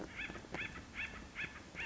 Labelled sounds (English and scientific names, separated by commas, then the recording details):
Acorn Woodpecker (Melanerpes formicivorus)
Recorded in Sonoma County, California